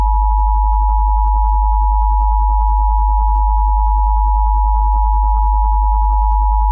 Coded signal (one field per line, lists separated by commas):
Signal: Emergency Alert System (SAME) tones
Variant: 853 and 960 Hz attention tone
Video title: EAS SCENARIO 2: Latex Creatures and Bombs